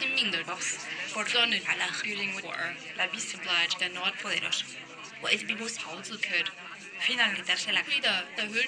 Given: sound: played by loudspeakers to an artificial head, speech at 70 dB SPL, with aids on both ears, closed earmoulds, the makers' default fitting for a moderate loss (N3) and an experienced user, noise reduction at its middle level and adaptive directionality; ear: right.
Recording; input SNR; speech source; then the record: speech test signal (ISTS) in cocktail-party noise; +6 dB; in front (0 degrees)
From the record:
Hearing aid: class 2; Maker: G